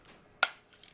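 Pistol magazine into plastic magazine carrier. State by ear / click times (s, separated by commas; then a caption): seated / 0.4 s. An OEM pistol magazine is pushed into a plastic magazine carrier and snaps in with a single sharp, bright click at 0.4 s that rings out briefly, followed by a faint tick near 0.8 s. The magazine is seated and locked in the carrier.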